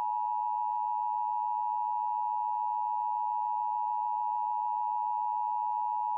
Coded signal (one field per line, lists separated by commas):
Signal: Emergency Alert System (SAME) tones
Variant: 853 and 960 Hz attention tone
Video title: EAS Mock: GROUNDED